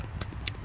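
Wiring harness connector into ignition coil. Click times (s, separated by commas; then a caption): 0.5 s. A plastic wiring harness connector is plugged back onto an ignition coil after the coil boot has been seated toward the spark plug. A faint tap comes at 0.2 s, then a sharp, brighter click at 0.5 s over a steady low hum as the connector snaps in. The connector is seated.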